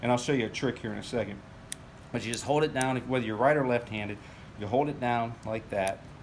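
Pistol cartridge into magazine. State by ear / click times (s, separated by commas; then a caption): not seated / none. Someone talks while a pistol cartridge is pressed down into a handgun magazine, holding the follower down, with faint handling noise between the words. The clip ends before the round goes home under the feed lips; nothing has seated or clicked yet.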